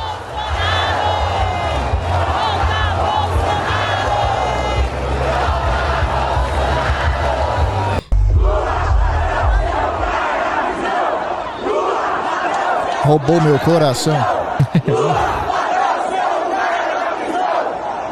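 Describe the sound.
A large crowd of Brazilian right-wing Bolsonaro supporters chants and shouts together like football supporters, a loud continuous roar with rhythmic chanting, a deep drumming rumble in the first half, and scattered whistles and cries later.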